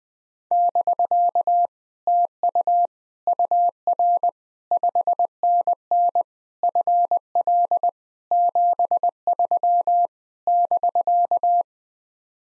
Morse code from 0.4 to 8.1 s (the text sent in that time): <BK> TU UR 5NN FL